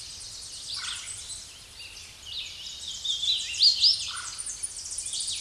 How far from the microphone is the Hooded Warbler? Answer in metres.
about 15 m